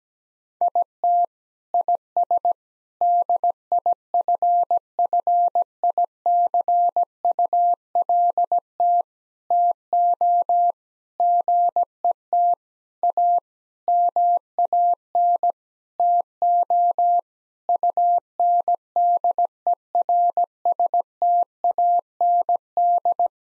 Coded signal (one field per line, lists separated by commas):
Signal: Morse code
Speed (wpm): 17 wpm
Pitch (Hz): 700 Hz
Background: none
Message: IT IS DIFFICULT TO GET A MAN TO UNDERSTAND